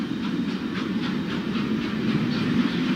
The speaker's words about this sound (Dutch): Net als Roland in die tijd neem ik de trein van Boedapest naar Transylvanië.